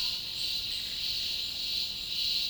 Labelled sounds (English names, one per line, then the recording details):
none
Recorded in dense forest near Puerto Asís, Putumayo, Colombia, on 19 February 2024 at 11:30
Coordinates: 0.502, -76.324
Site G6370